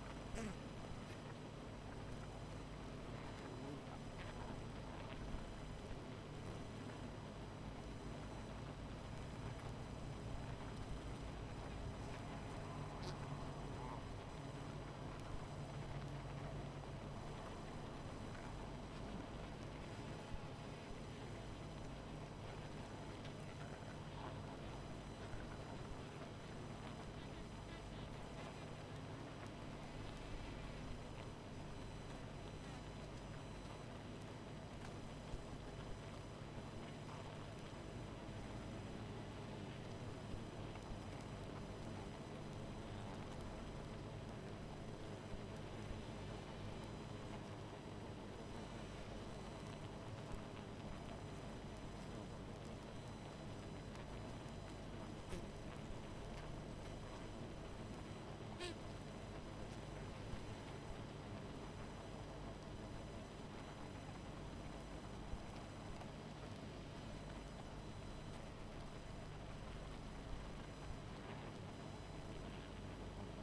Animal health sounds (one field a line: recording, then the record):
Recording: honeybee colony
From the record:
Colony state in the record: missing queen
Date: 14 July 2017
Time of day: 21:55